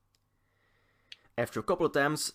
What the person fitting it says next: it just snaps into place